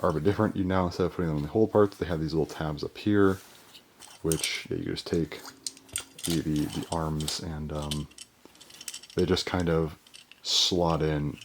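Someone talks while a plastic arm piece of a Bottleman toy figure is pushed onto the small tabs on the figure's core. A few faint handling sounds lead up to a small plastic click at 8.9 s as the arm slots into place and seats.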